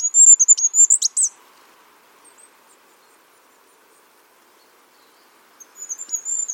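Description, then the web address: Bird giving a fast burst of very high, thin chirps, then a long quiet gap before another high twittering series starts near the end. "cianscape birddata Deverinetal 2025 File origin Bird Only"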